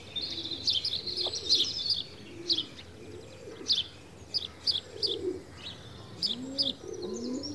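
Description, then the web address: House sparrow chirps, sharp bright notes given in short bursts and singles, with soft low cooing from pigeons underneath. "BBC Sound Effects Library. House Sparrow (Passer Domesticus)"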